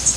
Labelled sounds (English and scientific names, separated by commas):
Cerulean Warbler (Setophaga cerulea) flight call